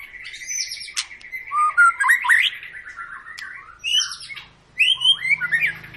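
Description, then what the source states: White-rumped shama song: a long steady whistled tone, then loud rising and falling whistles and sharp harsh clicks, with a pause before a final burst of twisting phrases. Long 'pancingan' lure song of a vigorously singing ('gacor') bird, used to prompt other birds to sing.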